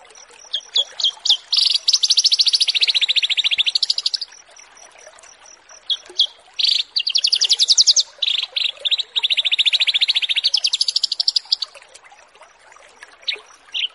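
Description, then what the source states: Horsfield's bush lark singing long rapid buzzy trills, with shorter chirp bursts between them. Bird-keeping masteran tutoring recording of Branjangan song.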